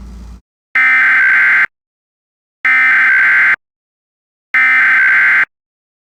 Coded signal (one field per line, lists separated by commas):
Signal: Emergency Alert System (SAME) tones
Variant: header bursts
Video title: (FICTIONAL EAS) Catastrophic Fire Tornado Scenario - Utah to Colorado